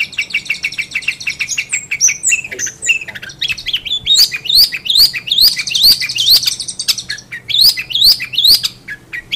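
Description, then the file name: Long-tailed shrike song, a varied run of high chirps and sharp rising whistled notes, some slurred, delivered in quick succession over a faint low hum. Master song for training songbirds. "cendet master. omkicau"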